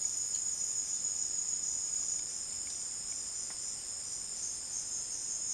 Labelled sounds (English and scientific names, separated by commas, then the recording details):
none
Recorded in dense forest near Puerto Asís, Putumayo, Colombia, on 23 June 2025 at 12:30
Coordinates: 0.481, -76.323
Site G072